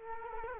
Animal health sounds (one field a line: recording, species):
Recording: mosquito wingbeat signal from an infrared sensor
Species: Culex quinquefasciatus